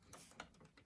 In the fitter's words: actually I think it's 3 clicks, just like that.